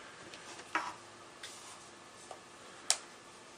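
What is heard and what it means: A flexible, rubbery plastic back case is pressed onto an iPad 2 tablet, giving a series of small ticks with sharp snaps at 0.8 s and 2.9 s. The case snaps fully into place and is seated on the tablet.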